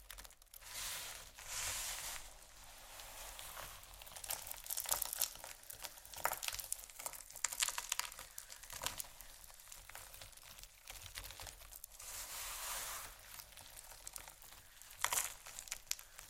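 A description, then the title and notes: Soap and candle carving gives dry, crisp scraping and crinkling strokes in irregular bursts, with sharp clicks and brief pauses between passes. ASMR Soap & Candle Carving （No Talking）.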